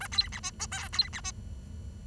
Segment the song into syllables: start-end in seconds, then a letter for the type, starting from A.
0.00-0.07 A, 0.12-0.28 B, 0.32-0.40 C, 0.43-0.50 D, 0.59-0.66 E, 0.71-0.88 F, 0.93-1.09 B, 1.13-1.20 C, 1.24-1.31 D